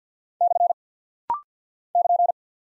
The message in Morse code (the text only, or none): / <KN>